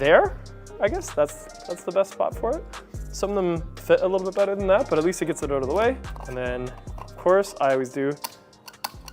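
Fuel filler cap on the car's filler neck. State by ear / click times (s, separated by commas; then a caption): torque reached / 8.7 s, 8.9 s, 9.1 s. Someone talks over background music while the plastic fuel filler cap of a Lexus ES is screwed onto the car's filler neck. Its torque-limiting ratchet clutch gives sharp, fast-decaying clicks at 8.7, 8.9 and 9.1 seconds, showing the cap is tightened and locked.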